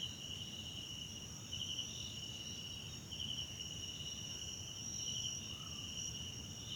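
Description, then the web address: Continuous high cricket trill with a few brighter pulsed bursts standing out, above a faint low rumble. Background crickets at night in a wetland park at Kosi Forest Lodge, South Africa. "Tonschliff - SOUTH AFRICAN CRICKETS BG South Africa Wetland Park Kosi Forest Lodge Night"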